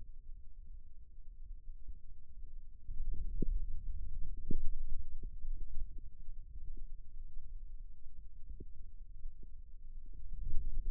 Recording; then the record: forearm muscle sounds (acoustic myography)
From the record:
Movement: radial deviation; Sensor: system 2, bracelet of six BSWA MPA416 microphones around the upper forearm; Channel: 1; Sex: male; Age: 22 years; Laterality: right